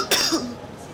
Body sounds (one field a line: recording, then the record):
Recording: coughing mixed with background sound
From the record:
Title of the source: November cold (wet coughing)